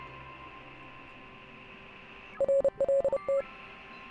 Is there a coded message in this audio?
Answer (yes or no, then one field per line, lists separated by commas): yes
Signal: Morse code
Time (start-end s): 2.4-3.4 s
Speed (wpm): 30 wpm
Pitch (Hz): 550 Hz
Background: none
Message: RLT